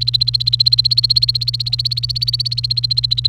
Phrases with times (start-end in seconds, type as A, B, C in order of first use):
0.01-3.27 A